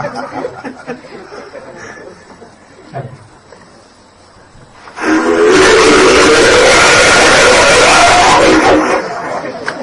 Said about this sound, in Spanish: quiero que escuchéis como último este de, que se grabó en las Sierras Altas de California, se grabó también además en el año 1978, y es el que tanto Carlos como yo denominamos el Bigfoot cachondo.